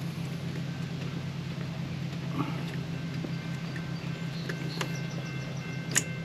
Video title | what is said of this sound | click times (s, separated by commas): Saturn Ion Purge Valve Replacement | positive click | 6.0 s